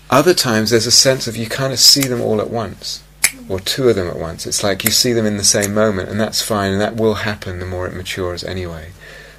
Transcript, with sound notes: Other times, there's a sense of you kind of see them all at once, or two of them at once. [snaps fingers] It's like you see them in the same moment, and that's fine, and that will happen the more it matures anyway.